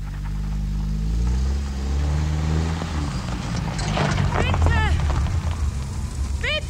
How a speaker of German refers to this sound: Ich trat auf die Bremse. Dann setzte ich zurück.